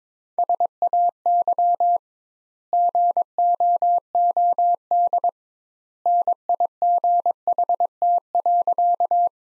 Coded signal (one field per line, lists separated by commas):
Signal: Morse code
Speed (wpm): 21 wpm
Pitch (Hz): 700 Hz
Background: none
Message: SAY GOOD NIGHT.